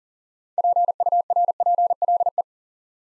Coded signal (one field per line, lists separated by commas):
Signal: Morse code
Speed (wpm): 40 wpm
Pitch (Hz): 700 Hz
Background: none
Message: PURPLE